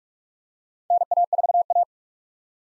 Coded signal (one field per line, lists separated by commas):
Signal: Morse code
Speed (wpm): 46 wpm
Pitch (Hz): 700 Hz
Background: none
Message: NA4A